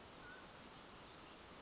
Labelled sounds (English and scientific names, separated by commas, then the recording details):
Mountain Quail (Oreortyx pictus)
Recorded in Sonoma County, California